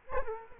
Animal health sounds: mosquito wingbeat signal from an infrared sensor; Culex quinquefasciatus

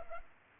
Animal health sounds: mosquito wingbeat signal from an infrared sensor; Culex pipiens

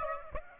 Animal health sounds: mosquito wingbeat signal from an infrared sensor; Aedes aegypti

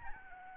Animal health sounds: mosquito wingbeat signal from an infrared sensor; Aedes albopictus

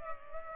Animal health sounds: mosquito wingbeat signal from an infrared sensor; Culex pipiens

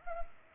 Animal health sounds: mosquito wingbeat signal from an infrared sensor; Culex pipiens

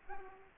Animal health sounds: mosquito wingbeat signal from an infrared sensor; Aedes aegypti

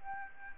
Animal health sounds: mosquito wingbeat signal from an infrared sensor; Aedes albopictus

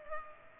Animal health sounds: mosquito wingbeat signal from an infrared sensor; Culex pipiens

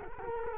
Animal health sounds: mosquito wingbeat signal from an infrared sensor; Culex quinquefasciatus

